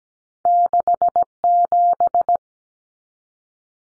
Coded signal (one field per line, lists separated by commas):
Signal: Morse code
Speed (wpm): 17 wpm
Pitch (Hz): 700 Hz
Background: none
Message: 67